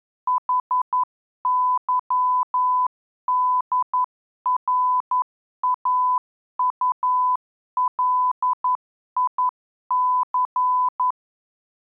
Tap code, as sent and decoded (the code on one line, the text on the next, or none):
none